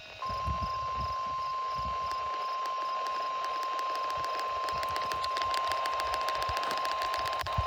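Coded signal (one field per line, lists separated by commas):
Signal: Emergency Alert System (SAME) tones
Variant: 1050 Hz attention tone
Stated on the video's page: Eleven NOAA Weather Radio test alerts from multiple NWR stations, recorded within fifteen minutes.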